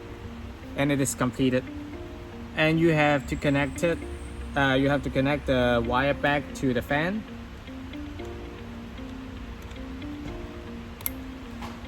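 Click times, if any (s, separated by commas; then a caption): 11.1 s. Someone talks over steady background music while reconnecting the wire connector into the seat fan of a 2024+ Tesla Model 3 Highland's performance sport seat. A sharp click at 11.1 seconds shows the fan wire connector seated.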